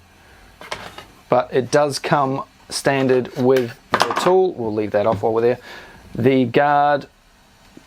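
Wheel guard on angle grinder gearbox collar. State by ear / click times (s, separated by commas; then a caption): not seated / none. A person handles the enclosed wheel guard on a cordless angle grinder, at the gearbox collar, while someone talks throughout. A few faint knocks sound near 0.7 s and 1.0 s. The guard has not yet clicked into position or seated by the end of the clip.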